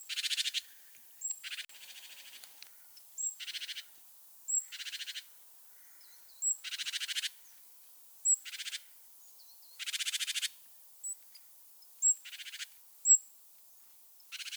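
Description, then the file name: Great tit scolding: harsh, buzzy churring rattles repeated every second or two, alternating with brief, thin, high whistled notes, calling steadily throughout. "Parus major"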